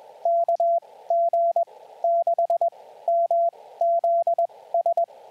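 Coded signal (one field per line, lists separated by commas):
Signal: Morse code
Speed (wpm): 21 wpm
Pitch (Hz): 680 Hz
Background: radio noise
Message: KG6MZS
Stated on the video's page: Morse callsign practice for SOTA chasers, sent on J.M. March S-3A magnetic paddles, each callsign followed by a phonetic announcement.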